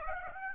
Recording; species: mosquito wingbeat signal from an infrared sensor; Aedes aegypti